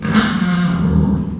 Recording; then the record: squeal of a Yucatan mini pig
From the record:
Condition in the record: after surgery on the right vocal fold (resection and tissue-engineered implant); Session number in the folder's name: 16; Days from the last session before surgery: 183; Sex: female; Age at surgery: 19 weeks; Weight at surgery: 25 kg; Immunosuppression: prednisolone